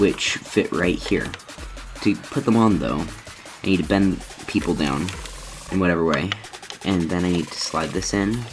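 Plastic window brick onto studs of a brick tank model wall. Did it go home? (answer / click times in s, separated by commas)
no / none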